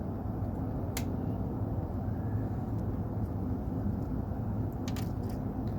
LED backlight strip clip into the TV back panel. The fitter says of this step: sağ taraftan yukarıdan aşağı koyuyorsunuz sola doğru çekiyorsunuz tık diye zaten yerine oturuyor diğer